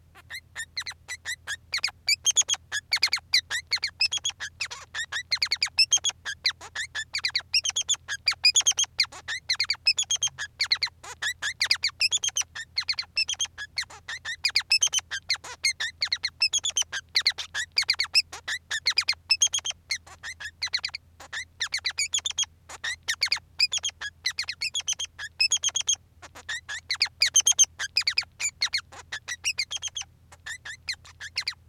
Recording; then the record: song of a male Bengalese finch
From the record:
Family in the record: son of father 3